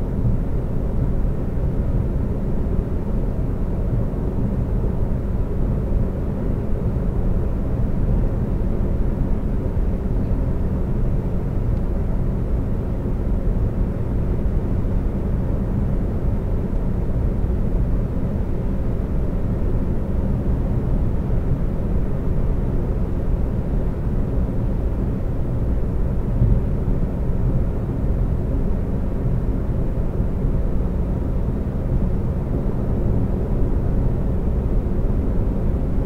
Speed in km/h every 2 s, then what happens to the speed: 129, 130, 130, 130, 130, 130, 130, 129, 129, 129, 129, 127, 127, 127, 129, 129, 129, 127.
0-36 steady at about 129.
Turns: none.